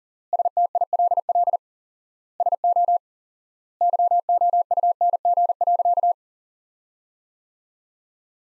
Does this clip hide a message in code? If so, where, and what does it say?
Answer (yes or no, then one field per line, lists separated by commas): yes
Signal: Morse code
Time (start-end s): 0.3-6.1 s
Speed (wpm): 37 wpm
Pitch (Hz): 700 Hz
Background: none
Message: STILL SO YOUNG.